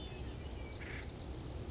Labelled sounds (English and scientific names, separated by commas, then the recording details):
Acorn Woodpecker (Melanerpes formicivorus)
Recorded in Sonoma County, California